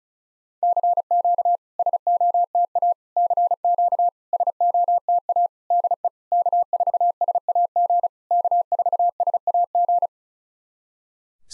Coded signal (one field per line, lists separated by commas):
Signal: Morse code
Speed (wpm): 36 wpm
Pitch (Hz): 700 Hz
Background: none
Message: CQ SOTA CQ SOTA DE K4SAG K4SAG